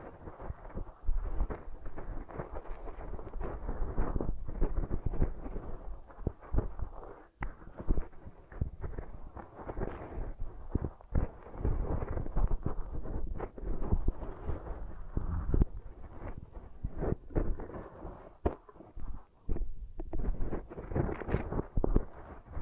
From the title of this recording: Beeswax Ear Triggers